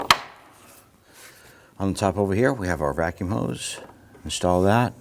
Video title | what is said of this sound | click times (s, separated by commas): How to Replace Dual Radiator & Condenser Fan Assembly 2012-2019 Ford Taurus | Snap up the two metal clips here securing the base to the lid. | 0.1 s